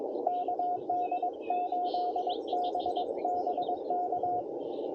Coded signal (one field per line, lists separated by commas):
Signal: Morse code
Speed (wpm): 22 wpm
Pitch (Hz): 720 Hz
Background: none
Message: KD8BBK